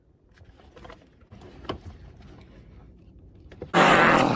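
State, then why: Not seated. A Raxiom tail light sequencer harness connector is slid into the tail light socket of a 2010–2023 Ford Mustang. Faint handling scrapes and small ticks come before a loud, steady broadband rush from about 3.7 s to the end. The connector has not clicked into place yet, though its fit is tight.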